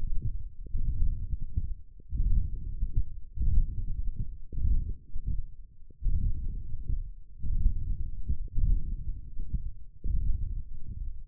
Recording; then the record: forearm muscle sounds (acoustic myography)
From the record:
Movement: hand closing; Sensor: system 1, eight BSWA MPA416 microphones around the upper forearm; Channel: 2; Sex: male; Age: 21 years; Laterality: right